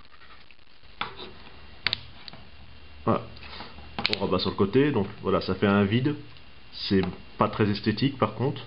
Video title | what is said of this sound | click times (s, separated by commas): Review FR - Transformers Cybertron - Nemesis Breaker | bascule et cette partie laval vient se clipser à l'intérieur en | 1.9 s